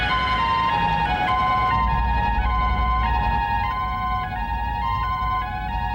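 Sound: ambulance siren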